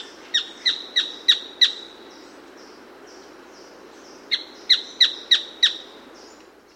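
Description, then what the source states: Striped foliage-gleaner calls: two bursts of five sharp, harsh notes in quick succession, separated by a pause of about two and a half seconds, over a steady hiss and faint soft notes. South America.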